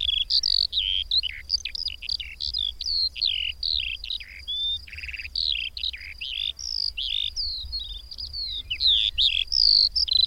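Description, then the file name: Eurasian skylark pouring out a steady high warble of chirps, trills and whistled slurs, continuous from start to finish. "Mezei pacsirta"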